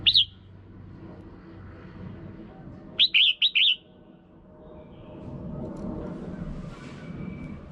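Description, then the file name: Red-whiskered bulbul gives a single note, then a quick run of four warbling notes, against low background noise. Female bird. "Tieng chao mao mai"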